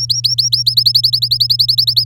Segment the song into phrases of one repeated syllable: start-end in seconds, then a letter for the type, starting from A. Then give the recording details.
0.00-0.75 A, 0.77-2.04 B. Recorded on 11 May 2018 at 06:35. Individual llb16